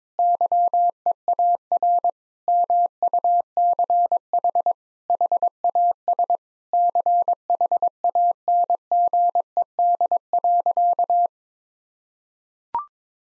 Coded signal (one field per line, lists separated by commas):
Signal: Morse code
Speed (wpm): 22 wpm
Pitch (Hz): 700 Hz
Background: none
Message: YEAR MUCH HAS CHANGED.